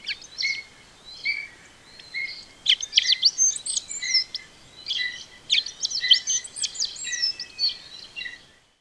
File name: Violeteared Waxbill